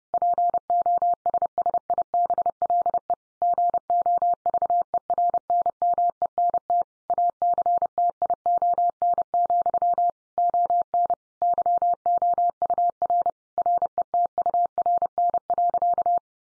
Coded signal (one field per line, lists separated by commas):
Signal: Morse code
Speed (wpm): 30 wpm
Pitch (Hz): 700 Hz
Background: none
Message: POSSIBLE GOVERNMENT ACTION, ON YOUR RETURN.